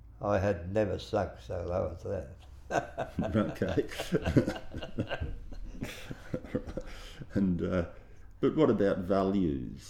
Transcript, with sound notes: I had never sunk so low as that [laughs]
Okay. But what about values,